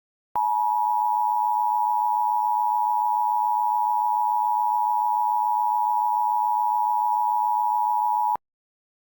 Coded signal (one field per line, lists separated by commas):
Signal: Emergency Alert System (SAME) tones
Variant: 853 and 960 Hz attention tone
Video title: EAS Scenario Special - Long Valley (With BlackBird7790)